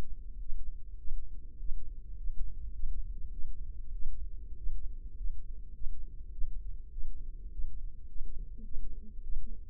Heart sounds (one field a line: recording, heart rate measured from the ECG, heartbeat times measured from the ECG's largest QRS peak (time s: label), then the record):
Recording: heart sounds by microphone in the left ear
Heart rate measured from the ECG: 102 bpm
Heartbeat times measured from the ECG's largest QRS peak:
0.38 s: heartbeat
0.97 s: heartbeat
1.58 s: heartbeat
2.16 s: heartbeat
2.72 s: heartbeat
3.30 s: heartbeat
3.91 s: heartbeat
4.56 s: heartbeat
5.16 s: heartbeat
5.73 s: heartbeat
6.30 s: heartbeat
6.90 s: heartbeat
7.50 s: heartbeat
8.07 s: heartbeat
8.63 s: heartbeat
9.21 s: heartbeat
From the record:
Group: healthy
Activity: rest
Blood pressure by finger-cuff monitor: 117/61 mmHg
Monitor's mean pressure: 77 mmHg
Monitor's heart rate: 103 bpm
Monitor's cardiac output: 8 L/min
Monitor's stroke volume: 77 mL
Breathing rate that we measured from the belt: 21 breaths a minute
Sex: male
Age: 22 years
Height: 181 cm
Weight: 60 kg